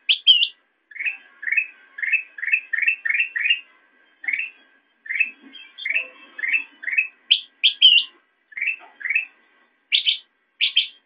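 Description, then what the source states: Sooty-headed bulbul chirping: short, upslurred notes repeated in quick runs, with higher, sharper double notes breaking in now and then. Recording meant as a master track for training songbirds.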